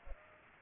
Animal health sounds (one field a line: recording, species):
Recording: mosquito wingbeat signal from an infrared sensor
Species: Culex pipiens